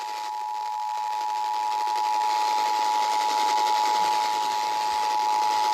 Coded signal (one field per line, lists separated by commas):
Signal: Emergency Alert System (SAME) tones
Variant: 853 and 960 Hz attention tone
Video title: EAS Alerts From 11/8/25: A Compilation (EAS 1071-1078)